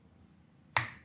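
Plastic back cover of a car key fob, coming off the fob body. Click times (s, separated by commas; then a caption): 0.8 s. The plastic back cover of a 2015–2019 Cadillac ATS key fob is pried off by inserting the key blade behind it and levering. After quiet low background, a single sharp click sounds at 0.8 s and fades quickly. The back shell snaps off the fob body and is released.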